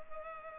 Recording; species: mosquito wingbeat signal from an infrared sensor; Culex pipiens